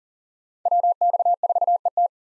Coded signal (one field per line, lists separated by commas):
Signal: Morse code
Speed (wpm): 37 wpm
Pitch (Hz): 700 Hz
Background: none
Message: WX4ET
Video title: 2023 SOTA Chaser Call Signs - 40wpm